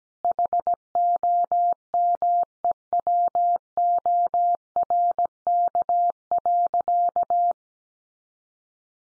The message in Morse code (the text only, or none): HOMEWORK.